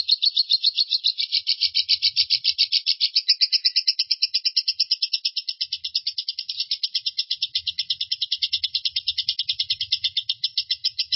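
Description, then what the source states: Lovebird delivering a sustained high-pitched trill, a rapid stream of buzzy chattering pulses that continues steadily for over ten seconds. Long trill song style known in Indonesian as 'ngekek panjang'.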